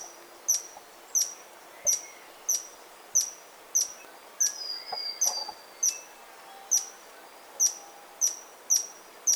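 Bird calls, thin sharp high notes repeated many times at a steady pace, with a few softer chirps in the middle.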